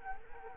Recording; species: mosquito wingbeat signal from an infrared sensor; Culex quinquefasciatus